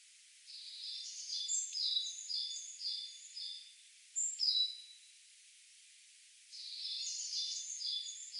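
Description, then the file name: Great tit calls, softer and hissy: a chattering run of high paired notes, a short sharp call in the middle, then another chattering burst. "Parus major"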